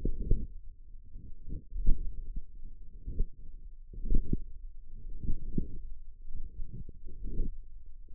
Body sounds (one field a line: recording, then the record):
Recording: forearm muscle sounds (acoustic myography)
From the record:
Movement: wrist flexion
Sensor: system 1, eight BSWA MPA416 microphones around the upper forearm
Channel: 6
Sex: female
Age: 20 years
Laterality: right